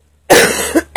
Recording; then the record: coughing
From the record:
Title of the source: 30 Chesty and wet cough